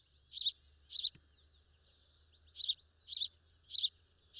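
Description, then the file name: House sparrow chirping, two quick notes, a gap of over a second, then four more evenly spaced chirps. "Passer domesticus"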